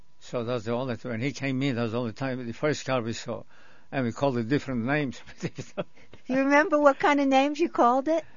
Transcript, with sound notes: So that's the only time, when he came in, that was the only time, the first car we saw. And we called it different names. ( he laughs )
Do you remember what kind of names you called it?